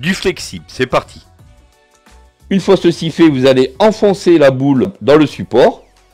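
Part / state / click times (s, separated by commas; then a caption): tripod ball head into tablet holder socket / not seated / none. A tripod's ball head is being pushed toward the socket of a plastic phone and tablet holder. A man talks throughout, with a faint sudden sound near 2.1 s during a quiet gap. The clip ends before the ball goes home, so nothing has seated or clicked yet.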